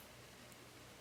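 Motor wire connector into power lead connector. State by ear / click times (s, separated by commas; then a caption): not seated / none. The plastic connector on the number one motor wire of a quadcopter is handled against its matching power lead connector, with only a steady, broadband hiss and no distinct transients. Nothing has seated or clicked yet.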